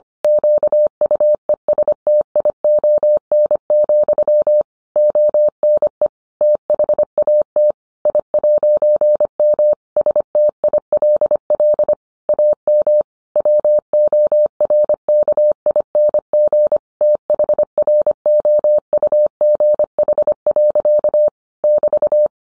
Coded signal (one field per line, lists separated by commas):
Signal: Morse code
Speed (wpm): 25 wpm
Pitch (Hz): 600 Hz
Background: none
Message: QUESTION, ONE THAT I'M STILL AM WORKING THROUGH. <BT>